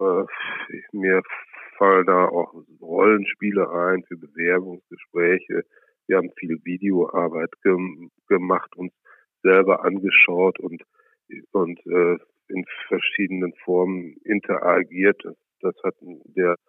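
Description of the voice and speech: Mild stutter in an adult man speaking German, who has stuttered since childhood: mostly prolongations rather than blocks, stretched sounds, a repeated first syllable (ge- ge-), repeated words, and drawn-out fillers between phrases.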